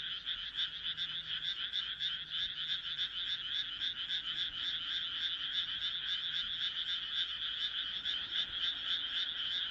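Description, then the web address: Frog chorus, quick grating croaks packed tightly together into a continuous vibrating hum, with a faint low tone now and then. "kaeru kaeru"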